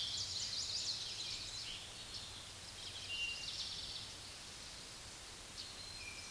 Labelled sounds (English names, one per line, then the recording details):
Eastern Towhee song
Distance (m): 45 m
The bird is about 10 m above the microphone
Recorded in a Pennsylvania forest on 16 May 2024 at 06:30
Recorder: AudioMoth, point MSD-1035
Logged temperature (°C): 16.3 °C
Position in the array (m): 230 m, 166 m